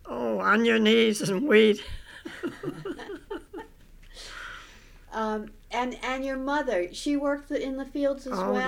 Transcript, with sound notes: Oh, on your knees and weed (they laugh)
And your mother, she worked in the fields as well?